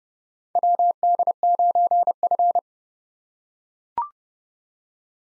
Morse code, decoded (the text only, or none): WD9F